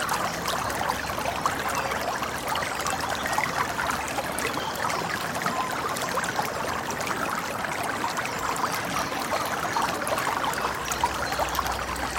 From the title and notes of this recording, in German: Die sanften Geräusche eines plätschernden Baches.